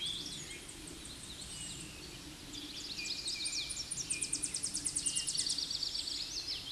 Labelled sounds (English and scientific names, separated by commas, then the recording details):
Tennessee Warbler (Leiothlypis peregrina) song
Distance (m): 35 m
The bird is about 15 m above the microphone
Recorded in a Pennsylvania forest on 16 May 2024 at 07:36
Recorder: AudioMoth, point MSD-1418
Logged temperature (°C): 16.4 °C
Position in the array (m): 213 m, 159 m